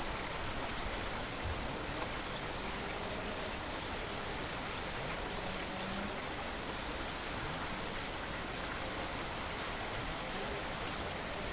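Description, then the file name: Bush cricket song: four high, hissing buzzy bursts of about one to two and a half seconds, several swelling in loudness, separated by gaps over a faint steady background hiss. Recorded 5 August 2013 on an MZ-N710 recorder. "sauterelle 5 08 13"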